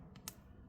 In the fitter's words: Oh, actually that's way stronger. It clicks into place. Okay.